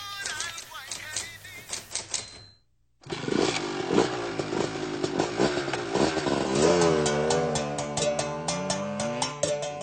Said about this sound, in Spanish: Motocicleta, ningún carro lo respeta, y autobús mejor ni hablar.